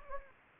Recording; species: mosquito wingbeat signal from an infrared sensor; Anopheles gambiae